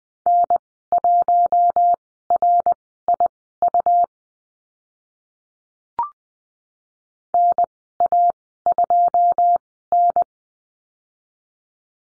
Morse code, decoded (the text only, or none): N1RIU NA2N